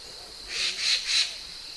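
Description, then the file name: Magpie giving three harsh, noisy notes about a third of a second apart, over a steady high insect drone. "Canto da pega bronzeada"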